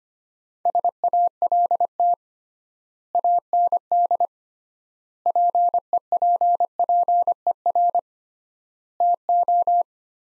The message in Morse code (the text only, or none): SALT AND PEPPER TO